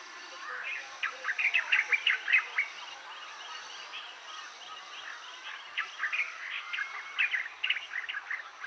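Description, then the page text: White-browed bulbul singing rapid, jumbled bursts of bright chirping notes in two phrases, with a steady high hiss behind. "White-Browed Bulbul Song. Quick Sounds"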